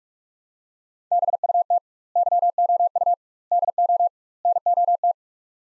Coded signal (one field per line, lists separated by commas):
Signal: Morse code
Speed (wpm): 47 wpm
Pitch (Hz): 700 Hz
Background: none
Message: BUT YOU DO NOT